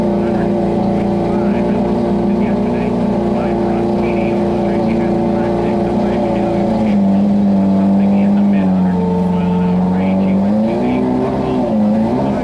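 Turbocharged V8 race engines drone steadily at high revs, their pitch dipping near seven seconds, then rising again near eleven.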